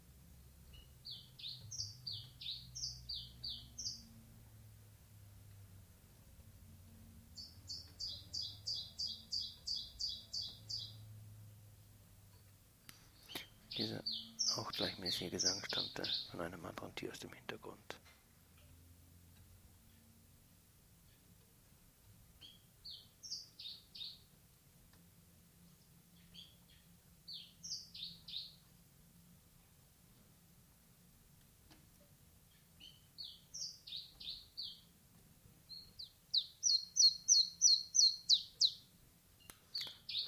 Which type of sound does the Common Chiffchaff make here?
song